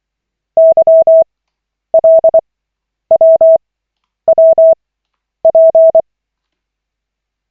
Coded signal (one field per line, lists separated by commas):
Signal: Morse code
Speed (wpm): 24 wpm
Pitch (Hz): 650 Hz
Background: none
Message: YLWWP